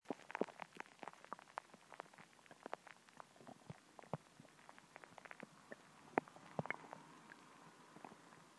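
Frequent short clicks, gurgles and pops come in irregular bursts, several per second, over a quiet background from an adult's tummy. These are ordinary active bowel sounds, gas and fluid moving through the intestines.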